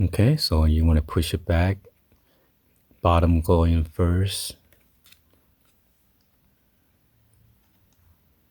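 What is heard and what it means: Someone talks while a memory module is inserted edge first, tilted at about 45 degrees, into the SO-DIMM slot of an Apple MacBook Pro unibody laptop, ready to be pressed down to latch. After the talking stops, faint short handling ticks come at about 4.7–5.3 s and again near 7.3 and 7.9 s. Nothing has seated or clicked yet.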